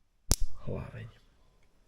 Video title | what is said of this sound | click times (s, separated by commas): Ako na upgrejd hlavne a Hop up systému pri AEG ? | počujeme pekný klik A to nám značí že hop komora je správne nainštalovaná | 0.3 s